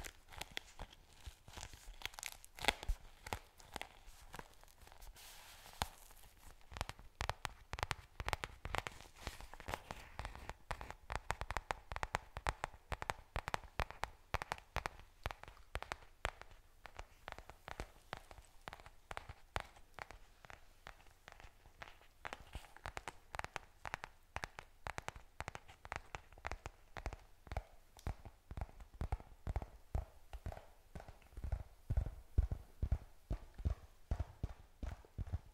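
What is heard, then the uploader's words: ASMR tapping and scratching: a steady stream of sharp, crisp taps and scratchy strokes runs throughout, dense and fairly quick but uneven in rhythm. Some clusters are louder and fuller, notably around 12 seconds and again near 32 seconds, with a faint hush underneath. ASMR Tapping Scratching Touching.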